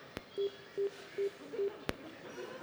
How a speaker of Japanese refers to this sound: ちょっと電話してみようかね。 してみよう。